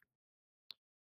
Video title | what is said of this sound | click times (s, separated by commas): AR Buffer Tube Installation - The Honey Badger at Home | there and just make sure it locks in rotates you'll feel it kind of Click into place and then you know you are | 0.7 s